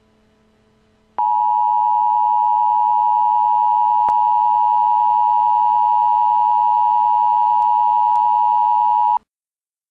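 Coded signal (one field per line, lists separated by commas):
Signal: Emergency Alert System (SAME) tones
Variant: 853 and 960 Hz attention tone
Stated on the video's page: Prank alert.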